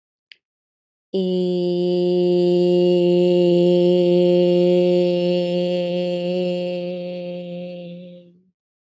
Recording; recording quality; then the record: sustained vowel as in made; excellent, no background noise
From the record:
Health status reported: healthy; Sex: female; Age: 32 years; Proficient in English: yes